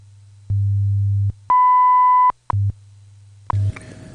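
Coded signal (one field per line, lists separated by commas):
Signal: radio time signal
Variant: WWV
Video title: WWV Special Announcement #2 Weather | Signal Phantom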